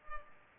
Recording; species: mosquito wingbeat signal from an infrared sensor; Culex pipiens